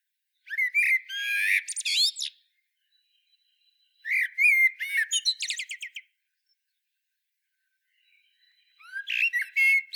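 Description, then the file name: Common blackbird song in three phrases, each a warbled, fluting opening breaking into squeaky, high twittering notes, separated by silences. "Turdus merula"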